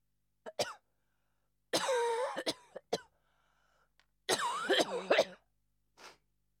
Woman coughing.